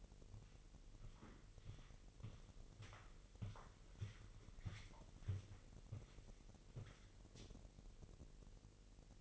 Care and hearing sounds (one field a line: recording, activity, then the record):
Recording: daily activity, microphone in the room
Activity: walk to room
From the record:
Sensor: 4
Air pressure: 1002.8 hPa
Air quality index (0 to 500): 249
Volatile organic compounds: 11 ppm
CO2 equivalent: 2275 ppm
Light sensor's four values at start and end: 11/26/10/10 and 10/23/9/9